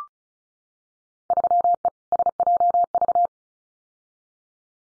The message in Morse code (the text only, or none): 3E SJV